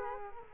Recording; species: mosquito wingbeat signal from an infrared sensor; Culex quinquefasciatus